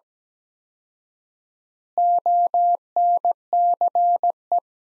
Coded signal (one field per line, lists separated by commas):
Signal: Morse code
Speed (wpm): 17 wpm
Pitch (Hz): 700 Hz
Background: none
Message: ONCE